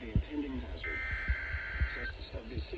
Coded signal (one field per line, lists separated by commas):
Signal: Emergency Alert System (SAME) tones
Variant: header bursts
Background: speech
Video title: VISUAL FRUSTRATION ENSUES... EAS Tests from August 2025 (EAS #6,206 - 6,251)